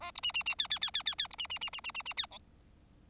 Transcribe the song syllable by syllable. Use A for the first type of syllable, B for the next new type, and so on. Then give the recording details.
A B C C C D D D D D D B C C C C C C C D E. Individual Bird4